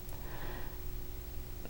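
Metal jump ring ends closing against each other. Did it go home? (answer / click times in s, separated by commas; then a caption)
no / none. The two ends of a metal jump ring are rocked back past the point where they meet, with gentle inward pressure to close the gap. Only faint handling noises are heard, at about 0.1 s and 1.7 s, over a low steady hum. The ends have not clicked together yet.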